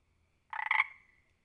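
Frog croaking, one short pulsed rasping croak lasting about a third of a second, then quiet.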